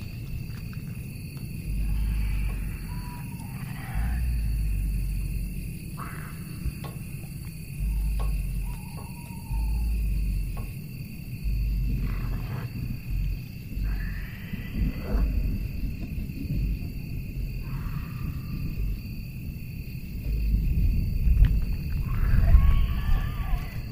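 Eerie village ambience: a deep, growling rumble churns throughout, under two steady high whining tones. Brief gliding, animal-like cries break through every few seconds, around 3, 8, 17 and 22 seconds, and the rumble swells louder near the end.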